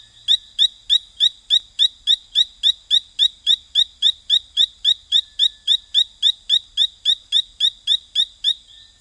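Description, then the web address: Brilliant-thighed poison frog calling: short, high, upward-flicking chirps repeated steadily about three to four times a second, over a faint continuous high insect hiss. Recorded in the Ecuadorian Amazon. "Natures Songs. Frogs of Ecuadorian Amazon Epipedobates femoralis"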